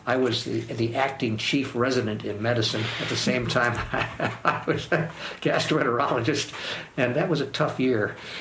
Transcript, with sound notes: I was acting chief resident of medicine at the same time [chuckle] that I was gastroenterologist and that was tough year.